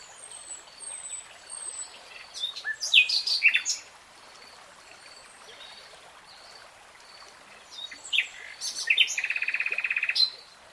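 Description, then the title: Nightingale song: faint high thin whistles, then loud varied phrases and a fast buzzy rattling trill near the end, with a soft background hiss. Nightingale singing in real time. "[Tiếng chim hót] 3 Hours REALTIME Nightingale Singing"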